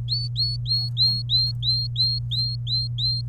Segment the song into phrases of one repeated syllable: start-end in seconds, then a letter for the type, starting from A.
0.08-3.21 A